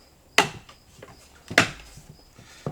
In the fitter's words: Okay, that snaps into place nicely.